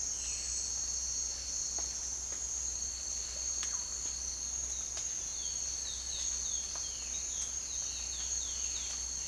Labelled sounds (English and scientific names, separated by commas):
Violaceous Jay (Cyanocorax violaceus), Chestnut-bellied Seed Finch (Sporophila angolensis)